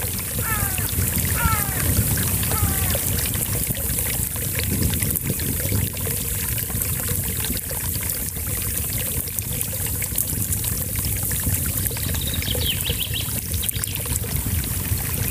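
A small brook trickles and babbles steadily throughout, a dense, even rush with a low rumble beneath it. Birds sing over it: a run of quick, falling chirps in the first three seconds, and a brief high trill near twelve seconds.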